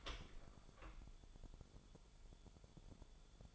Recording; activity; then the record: daily activity, microphone in the room; open door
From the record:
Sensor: 5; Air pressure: 1015.1 hPa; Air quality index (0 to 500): 222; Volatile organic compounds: 13 ppm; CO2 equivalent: 2409 ppm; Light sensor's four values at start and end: 35/80/32/31 and 35/80/32/31